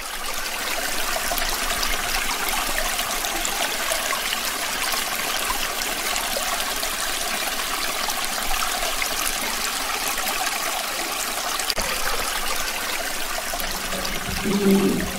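Water runs and trickles steadily, a continuous bright, hissy babble spread across the upper range with no pauses. The flow stays even in loudness throughout, with a slight swell near the end.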